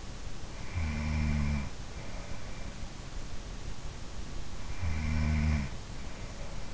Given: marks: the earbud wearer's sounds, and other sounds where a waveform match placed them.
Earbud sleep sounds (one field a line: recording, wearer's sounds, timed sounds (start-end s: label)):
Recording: sounds in sleep by an in-ear microphone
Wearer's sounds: snoring breath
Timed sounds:
0.22-2.53 s: snoring breath
4.38-6.74 s: snoring breath